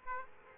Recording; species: mosquito wingbeat signal from an infrared sensor; Aedes aegypti